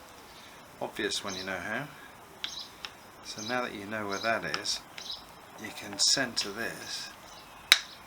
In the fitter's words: everything should lock into place easy-peasy